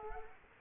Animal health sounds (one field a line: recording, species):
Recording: mosquito wingbeat signal from an infrared sensor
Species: Culex quinquefasciatus